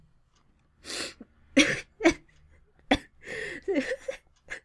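One loud, harsh cough burst about half a second long, followed by several short, softer throat sounds and breaths in a quiet room. The cough comes from an adult with a cold, nasal congestion and a runny nose.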